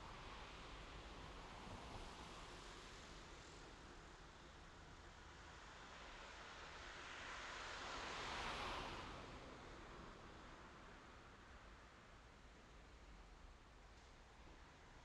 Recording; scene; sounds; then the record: everyday scene through a hearing-aid microphone; in traffic; traffic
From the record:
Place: main road on the outskirts, rush hour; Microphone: in the ear canal, left